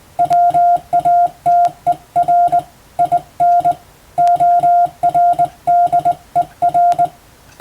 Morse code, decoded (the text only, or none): WATER IN ORDER